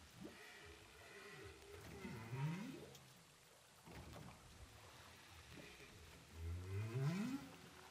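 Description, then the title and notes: Humpback whale low groans gliding upward from deep rumbles, two rising phrases separated by quieter moans, over continuous water noise. Humpback whales recorded with a DPA hydrophone offshore from Saint-Paul, Réunion Island. "Whales sound by hydrophophone DPA saint paul, ile de la reunion. Baleines à bosse enregistrées à l'hydrophone DPA au large de saint Paul de la réunion"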